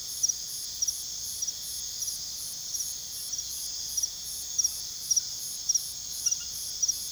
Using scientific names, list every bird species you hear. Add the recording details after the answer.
none. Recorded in pastures near Puerto Asís, Putumayo, Colombia, on 20 February 2024 at 03:30. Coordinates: 0.486, -76.323. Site G6462